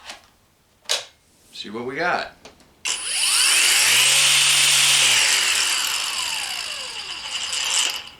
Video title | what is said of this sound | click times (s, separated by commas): Saker Brushless String Trimmer Review 3-18-2024 | The battery just snaps into place. | 0.9 s